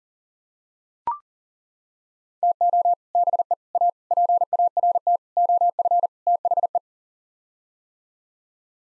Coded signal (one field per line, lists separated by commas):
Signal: Morse code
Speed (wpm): 40 wpm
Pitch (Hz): 700 Hz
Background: none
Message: TO BE A PART OF THE